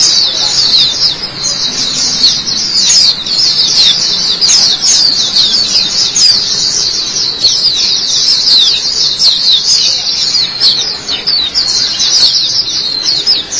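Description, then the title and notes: White-eye song: long unbroken run of shrill, quick chirping and twittering notes, fairly even in loudness throughout. "Suara kicauan burung pleci"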